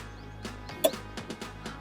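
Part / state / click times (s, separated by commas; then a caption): folding pillion footpeg into electric scooter side panel / seated / 0.8 s. A spring-loaded pillion footpeg on a Joy e-bike MIHOS electric scooter is folded back into its plastic side body panel. It gives a sharp click at 0.8 s, with softer knocks before and after. The footpeg latches closed.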